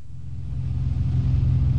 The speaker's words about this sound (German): In der Nacht vom 31. Juli zum 1. August überfliegt ein Wasserflugzeug das Gebiet CB zwischen Bergen und der Insel Unst bei den Shetlands.